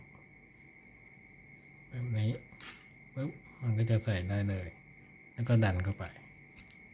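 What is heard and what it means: During a battery replacement on an Asus Zenfone done to fix a swollen battery, a cover or part is lined up at the lower opening and handled as it is about to clip into the smartphone body, but nothing has seated or clicked yet. Someone talks in short bursts over a steady high-pitched tone and faint hum.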